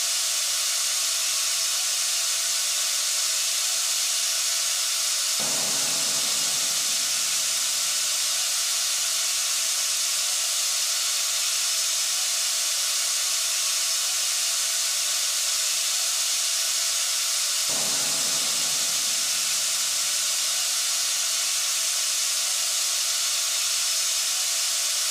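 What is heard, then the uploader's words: White noise plays as a steady, dense hiss weighted toward the bright, airy top. Around 5 and 18 seconds, a softer, lower rush swells in and fades over a couple of seconds, and a faint steady tone hums beneath throughout. White Noise.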